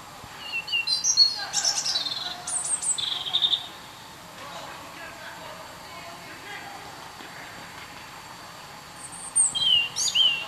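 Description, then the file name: European robin song with two phrases of sharp, high warbling notes and squeaky trills separated by a long quiet gap. "Erithacus rubecula"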